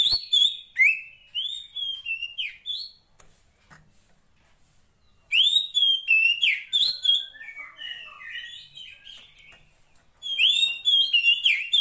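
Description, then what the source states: Oriental magpie-robin song, with three loud bursts of rich whistled and chattering phrases separated by quieter stretches. Long-duration fill-in song meant to make a kept magpie-robin sing actively day and night.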